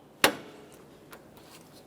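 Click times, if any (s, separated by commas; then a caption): 0.2 s. On a 2003-2008 Toyota Corolla, the new plastic radiator support's center locking tabs are aligned and pressed up into the vehicle's front body, giving one sharp, loud click at 0.2 s that rings briefly before fading. Two much fainter ticks follow at about 1.1 s and 1.4 s, and the tabs are seated.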